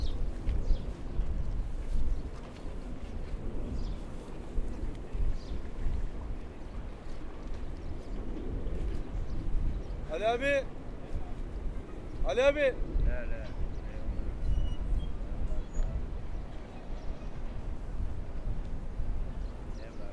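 Outdoor ambience on a city seafront, with a steady low rumble of traffic and murmuring voices throughout. Around ten and twelve seconds, two bright, wavering calls, likely gulls, cut through. The overall level stays fairly even, with faint wind buffeting.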